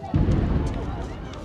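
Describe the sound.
A deep celebratory explosion marking the end of Ramadan in India bursts out suddenly and rolls on as a long, rumbling roar, with a faint murmur of voices underneath.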